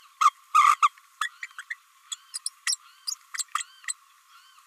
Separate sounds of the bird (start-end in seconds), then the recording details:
0.82-0.90, 1.21-1.28, 1.42-1.47, 1.58-1.62, 1.70-1.76, 2.12-2.15, 2.34-2.38, 2.45-2.49, 2.66-2.76, 3.07-3.15, 3.37-3.43, 3.54-3.64, 3.88-3.93. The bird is a female. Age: 29 days. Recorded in a nest box in Venezuela. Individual 17B32A5